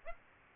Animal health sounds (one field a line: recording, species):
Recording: mosquito wingbeat signal from an infrared sensor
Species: Aedes aegypti